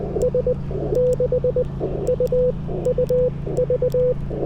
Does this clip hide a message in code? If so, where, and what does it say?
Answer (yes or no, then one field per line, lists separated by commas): yes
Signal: Morse code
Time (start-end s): 0.2-4.1 s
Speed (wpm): 20 wpm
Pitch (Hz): 500 Hz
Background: radio noise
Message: S6UUV